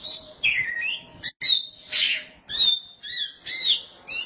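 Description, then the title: Oriental magpie-robin giving sweet slurred whistles alternating with harsh scratchy notes, about two phrases per second. Kacer song. "Suara Kicauan Burung Kacer"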